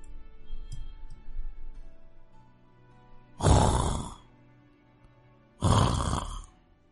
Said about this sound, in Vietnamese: Tiếng ngáy nhẹ nhẹ truyền đến, dần biến thành tiếng o o, đinh tai nhức óc.